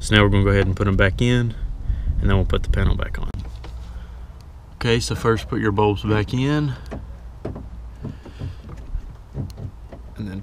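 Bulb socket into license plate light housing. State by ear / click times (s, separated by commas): seated / 9.5 s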